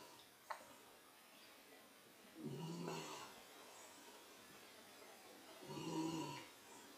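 Two low, buzzy snores about three seconds apart, roughly 18 a minute, from a sleeping female dog.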